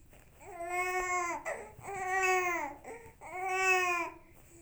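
A baby cries in three sustained, high-pitched wailing bursts with short pauses for breath between them. The cry is a sound from a Fisher-Price baby device.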